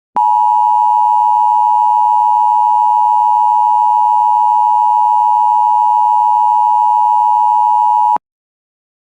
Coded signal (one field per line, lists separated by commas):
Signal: Emergency Alert System (SAME) tones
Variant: 853 and 960 Hz attention tone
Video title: EAS #227 Tornado Warning On WJON-IP